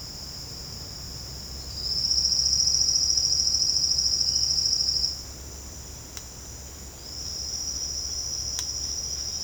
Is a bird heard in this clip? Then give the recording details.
no. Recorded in secondary vegetation near Puerto Asís, Putumayo, Colombia, on 8 March 2025 at 08:30. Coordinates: 0.485, -76.322. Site G040